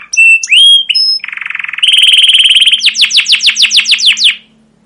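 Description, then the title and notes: Canary song opens with clear whistled notes, shifts into a buzzy rattle, then a run of quick descending chirps before stopping. Canary song with "cuit cuit" chirps, used as a lure and tutor recording for training young canaries to sing long and energetically. "CUIT CUIT NGEROL LANGSUNG GACOR PANJANG Kenari Ini AMPUH Utk Pancingan KENAR. PANCINGAN Kenari GACOR PANJANG Cuit CUIT EMOSI ini AMPUH utk MASTERAN Kenari PAUD belajar BUNYI. burung kenari"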